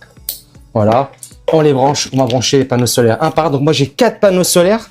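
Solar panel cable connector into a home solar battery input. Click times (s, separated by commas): 0.3 s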